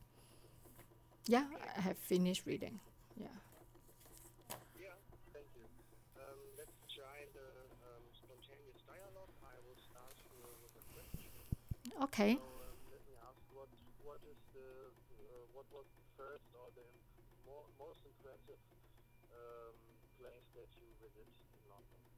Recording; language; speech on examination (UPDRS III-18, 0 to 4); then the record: conversation on a phone call; English; 0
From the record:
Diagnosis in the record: healthy control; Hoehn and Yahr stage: 0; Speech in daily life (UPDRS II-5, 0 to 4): 0